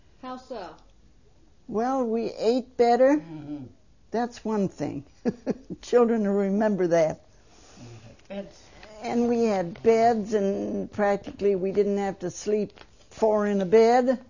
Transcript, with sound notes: How so?
Well, we ate better. That's one thing. (She laughs.) Children will remember that. And we had beds and practically, we didn't have to sleep four in a bed.